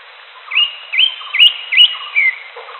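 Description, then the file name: Greater green leafbird song: a run of five whistled notes, mostly upswept, over faint lower chatter. "audio cucak hijau alam liar"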